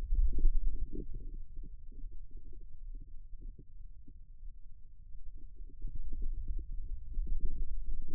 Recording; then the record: forearm muscle sounds (acoustic myography)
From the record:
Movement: wrist extension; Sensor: system 2, bracelet of six BSWA MPA416 microphones around the upper forearm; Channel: 4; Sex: male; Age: 22 years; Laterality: right